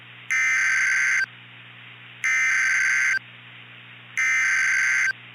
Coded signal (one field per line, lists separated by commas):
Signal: Emergency Alert System (SAME) tones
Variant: header bursts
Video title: "CLINTON" [Tornado EAS Scenario]